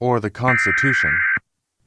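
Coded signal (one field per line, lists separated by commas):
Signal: Emergency Alert System (SAME) tones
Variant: header bursts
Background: speech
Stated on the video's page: Fictional EAS scenario depicting a second American civil war; a simulated alert, not a real broadcast.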